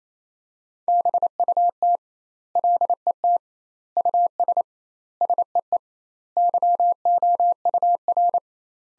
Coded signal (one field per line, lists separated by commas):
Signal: Morse code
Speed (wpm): 27 wpm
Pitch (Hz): 700 Hz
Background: none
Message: BUT LET US SEE YOUR